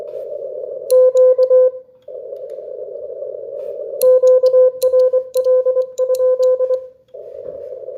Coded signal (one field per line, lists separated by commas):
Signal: Morse code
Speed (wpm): 25 wpm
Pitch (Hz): 510 Hz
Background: none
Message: Q QRL?